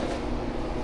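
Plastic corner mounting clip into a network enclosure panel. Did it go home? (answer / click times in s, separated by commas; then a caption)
no / none. A plastic corner mounting clip on a network component is handled against a network enclosure panel during a low-voltage trim-out, before being pushed home. Only a steady, broadband noise with a low hum is heard, with no sharp sounds. Nothing has seated or clicked yet.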